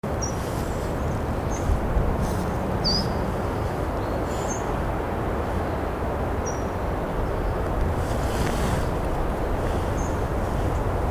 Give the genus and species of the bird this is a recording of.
Coccothraustes coccothraustes